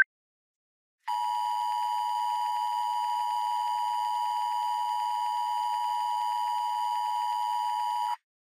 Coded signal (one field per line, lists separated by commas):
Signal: Emergency Alert System (SAME) tones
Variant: 853 and 960 Hz attention tone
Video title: The Reawakening - EAS Scenario